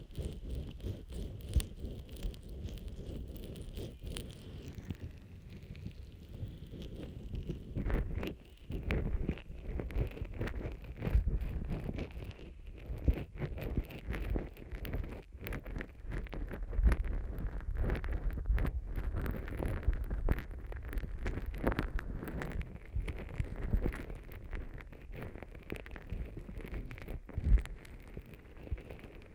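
Ear massage with steady rubbing and stroking makes a dense, muffled low rumble, broken by frequent quick scratchy taps throughout.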